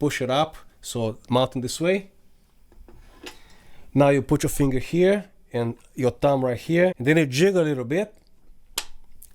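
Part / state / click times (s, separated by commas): light ballast onto V-mount clamp / seated / 8.8 s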